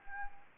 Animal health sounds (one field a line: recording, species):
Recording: mosquito wingbeat signal from an infrared sensor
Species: Anopheles arabiensis